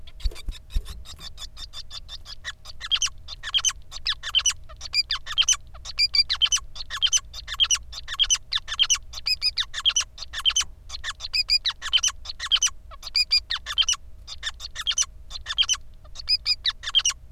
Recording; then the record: song of a male Bengalese finch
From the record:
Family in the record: son of father 5